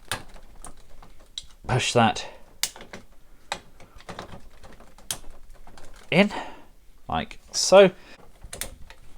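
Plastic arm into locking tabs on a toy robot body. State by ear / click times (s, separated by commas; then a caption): seated / 8.5 s, 8.6 s. The yellow plastic arm of a transforming robot figure is lined up with the locking tabs on either side and pushed in, with both sides locking into place. Someone talks over soft plastic taps and handling sounds. Two sharp clicks come at 8.5 s and 8.6 s as the arm seats.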